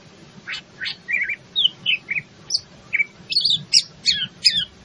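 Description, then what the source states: Greater green leafbird song: separate high whistles and chips, some slurred downward, given in a varied, steady sequence. In full song, a style called gacor.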